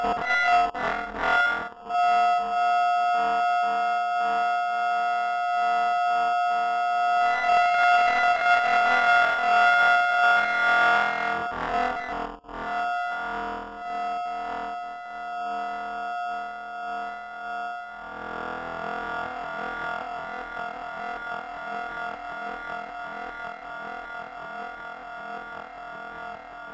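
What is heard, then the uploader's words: A swarm of electronic oscillator tones drones loudly and steadily, with a strong held pitch in the middle and many bright overtones stacked above. The mass thickens and wavers around seven seconds, briefly thins near twelve, then turns denser and more buzzing from eighteen seconds on. FM Swarm On Oscillator Bank.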